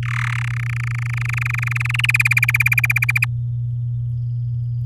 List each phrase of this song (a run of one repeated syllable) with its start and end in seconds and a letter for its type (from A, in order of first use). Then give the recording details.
0.03-0.43 A, 0.44-2.06 B, 2.09-3.25 C. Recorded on 10 May 2018 at 05:32. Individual llb16